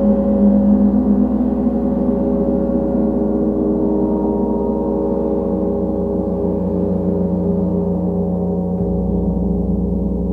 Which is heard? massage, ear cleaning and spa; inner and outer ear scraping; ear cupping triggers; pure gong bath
pure gong bath